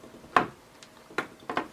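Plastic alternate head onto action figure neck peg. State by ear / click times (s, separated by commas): seated / 0.4 s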